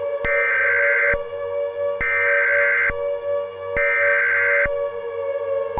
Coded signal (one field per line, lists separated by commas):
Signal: Emergency Alert System (SAME) tones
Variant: header bursts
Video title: EAS Scenario #2: The Visit